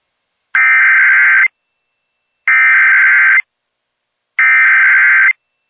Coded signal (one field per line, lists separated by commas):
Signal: Emergency Alert System (SAME) tones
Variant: header bursts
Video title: EAS #11 Tornado warning for Jones County TX CONFIRMED OVER TRUBY OR NEAR ANSON